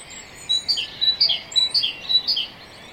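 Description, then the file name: Great tit song: several repeated whistled phrases, high then lower notes, with faint thin high notes above. "Parus major"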